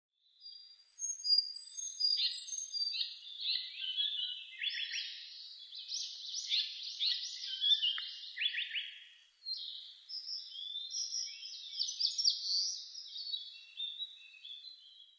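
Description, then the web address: Japanese paradise flycatcher song: a long stretch of high, buzzy, chattering phrases with whistled notes, continuing almost without pause, with one brief gap. Recorded 9 May 2005. "2005 050509 sankouchou"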